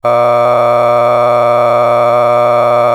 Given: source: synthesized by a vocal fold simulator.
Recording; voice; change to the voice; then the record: sustained vowel; male; a random mix of aspiration noise, stiffness perturbation and strain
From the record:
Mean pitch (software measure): 120 Hz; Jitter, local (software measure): 2.06%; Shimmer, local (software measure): 4.8%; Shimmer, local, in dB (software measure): 0.43 dB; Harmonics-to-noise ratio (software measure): 13.0 dB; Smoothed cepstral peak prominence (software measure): 16.3 dB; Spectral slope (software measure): -16.1 dB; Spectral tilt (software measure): -11.1 dB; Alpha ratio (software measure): -6.6 dB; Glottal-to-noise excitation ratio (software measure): 0.965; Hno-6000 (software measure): 2.2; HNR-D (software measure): 24.7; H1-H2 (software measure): 3.7 dB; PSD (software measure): 1.5e-04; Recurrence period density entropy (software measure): 0.109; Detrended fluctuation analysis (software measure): 0.0376